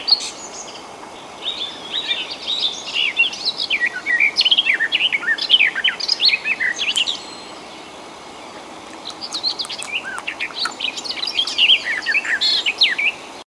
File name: slavka sadovaja